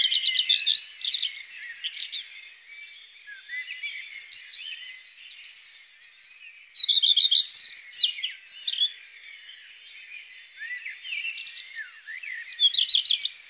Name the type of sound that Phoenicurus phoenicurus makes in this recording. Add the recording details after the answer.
song. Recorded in the wild. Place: Freiburg im Breisgau / Lehen, Baden-Württemberg, DE. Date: 2001-05-30. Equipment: MiniDisc Sharp MT 20 H. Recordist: Schwarz, Dieter